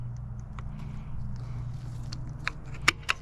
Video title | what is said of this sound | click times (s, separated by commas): Best Shorty Levers for the Low Rider S Under $100 -Install Video- Eagle Lights | And like that, snaps right in place. | 2.9 s